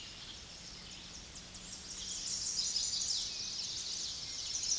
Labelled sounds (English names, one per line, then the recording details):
Chestnut-sided Warbler song
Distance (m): 25 m
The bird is about 10 m above the microphone
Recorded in a Pennsylvania forest on 16 May 2024 at 07:26
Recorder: AudioMoth, point MSD-2027
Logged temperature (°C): 15.6 °C
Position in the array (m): 82 m, 219 m